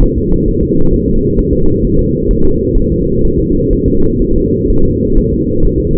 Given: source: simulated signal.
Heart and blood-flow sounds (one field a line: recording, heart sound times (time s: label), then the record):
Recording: fetal heart sounds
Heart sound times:
0.03 s: S1
0.18 s: S2
0.48 s: S1
0.63 s: S2
0.94 s: S1
1.08 s: S2
1.39 s: S1
1.53 s: S2
1.85 s: S1
1.99 s: S2
2.31 s: S1
2.45 s: S2
2.77 s: S1
2.92 s: S2
3.25 s: S1
3.39 s: S2
3.73 s: S1
3.88 s: S2
4.22 s: S1
4.36 s: S2
4.70 s: S1
4.85 s: S2
5.18 s: S1
5.33 s: S2
5.65 s: S1
5.80 s: S2
From the record:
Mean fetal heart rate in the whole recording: 130 bpm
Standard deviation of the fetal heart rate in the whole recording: 4 bpm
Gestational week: 38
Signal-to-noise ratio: -17.7 dB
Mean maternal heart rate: 72 bpm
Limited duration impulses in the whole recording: present